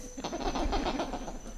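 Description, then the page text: Black lemur giving a rapid run of harsh, pulsed grunting calls over a low rumble and a faint steady high tone. Calling in response to raptor playback, Ambato. "Eulemur macaco Response to Raptor Playback Ambato"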